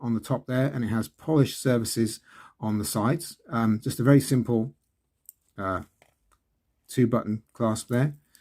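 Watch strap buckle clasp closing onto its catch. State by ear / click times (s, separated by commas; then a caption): not seated / none. Someone talks while handling the simple 2-button clasp of a 316L stainless steel watch strap buckle, brushed on top with polished sides. Speech fills most of the clip, with a short pause around 5 to 7 seconds and a faint brief tick near 5.3 s. The clasp has not clicked shut yet; nothing has seated by the end.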